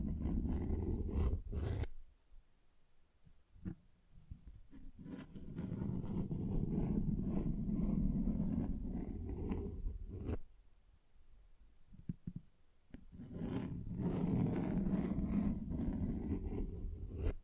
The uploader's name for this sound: Tingly Textures Tapping and Scratching